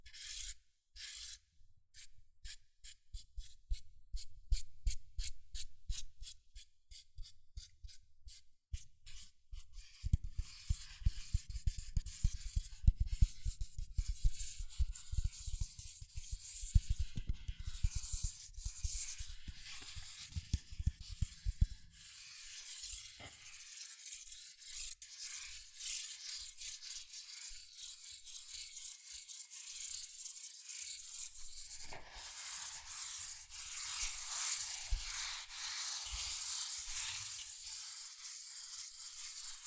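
Fast tapping on cardboard and paper opens with dense rapid bursts, then gives way to steady, bright scratching and tracing strokes that build louder.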